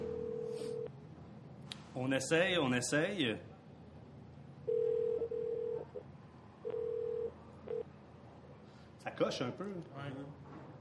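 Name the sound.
telephone dialing tones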